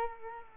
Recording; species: mosquito wingbeat signal from an infrared sensor; Culex quinquefasciatus